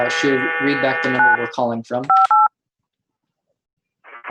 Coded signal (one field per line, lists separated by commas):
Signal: DTMF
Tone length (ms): 180 ms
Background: speech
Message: 958